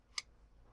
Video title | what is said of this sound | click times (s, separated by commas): Scanner Canon Canoscan 4200F Bisa Scan Klise Negative dengan holder h endrasp shopee | sampai ada suara klik gitu. Nah, kalau sudah, | 0.2 s